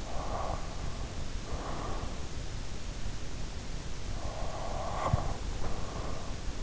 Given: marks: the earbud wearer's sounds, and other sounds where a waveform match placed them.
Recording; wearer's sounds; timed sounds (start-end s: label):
sounds in sleep by an in-ear microphone; breath
0.03-2.23 s: breath
4.08-6.56 s: breath